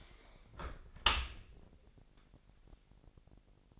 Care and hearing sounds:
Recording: daily activity, microphone in the room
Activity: close dishwasher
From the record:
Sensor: 5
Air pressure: 1000.7 hPa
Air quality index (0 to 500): 247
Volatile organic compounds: 34 ppm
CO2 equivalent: 3042 ppm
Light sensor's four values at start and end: 31/70/28/26 and 31/72/29/27

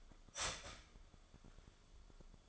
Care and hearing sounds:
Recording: daily activity, microphone in the room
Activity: start toaster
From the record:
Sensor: 5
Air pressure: 1014.8 hPa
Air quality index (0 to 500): 196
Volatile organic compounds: 8 ppm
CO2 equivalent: 2082 ppm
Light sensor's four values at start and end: 16/37/14/13 and 16/37/14/13

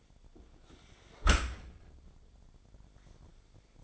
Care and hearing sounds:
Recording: daily activity, microphone in the room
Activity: close dishwasher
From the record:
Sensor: 5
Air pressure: 1006.8 hPa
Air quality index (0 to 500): 184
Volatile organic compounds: 5 ppm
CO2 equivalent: 1752 ppm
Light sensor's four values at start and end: 54/151/59/59 and 54/150/59/59

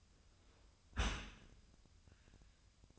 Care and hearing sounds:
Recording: daily activity, microphone in the room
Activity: close dishwasher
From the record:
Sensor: 2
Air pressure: 1004.5 hPa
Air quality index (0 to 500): 111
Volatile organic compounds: 3 ppm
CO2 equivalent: 1343 ppm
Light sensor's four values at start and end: 6/15/6/6 and 6/15/6/6

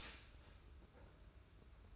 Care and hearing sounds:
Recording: daily activity, microphone in the room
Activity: start toaster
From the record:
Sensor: 2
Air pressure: 991.5 hPa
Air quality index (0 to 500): 188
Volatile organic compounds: 1000 ppm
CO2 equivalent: 6145 ppm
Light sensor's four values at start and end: 32/98/38/36 and 32/98/38/36

